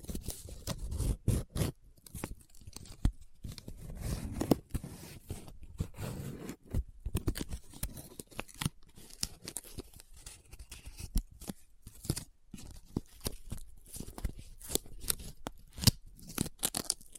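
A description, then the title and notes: Paper is handled, folded and crinkled in an irregular stream of sharp crackles and rustles across the whole clip. Bursts come densely, with brief pauses, and some heavier scraping and rubbing sweeps, especially in the first six seconds. Occasional crisp snips or tears stand out. ASMR Close Up Paper Sounds - Folding, Scratching, Rubbing, Crinkle No Talking.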